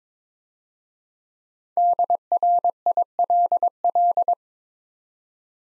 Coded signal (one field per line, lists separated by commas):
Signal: Morse code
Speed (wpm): 22 wpm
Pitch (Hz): 700 Hz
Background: none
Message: DRILL